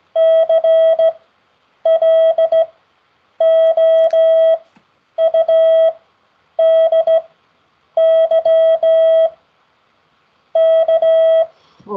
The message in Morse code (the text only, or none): CLOUDY K